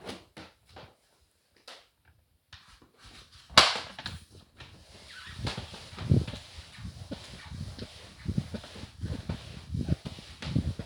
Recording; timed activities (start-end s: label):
household activities, microphone on the right wrist
0.00-10.86 s: floor cleaning